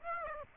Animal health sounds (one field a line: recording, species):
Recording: mosquito wingbeat signal from an infrared sensor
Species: Aedes aegypti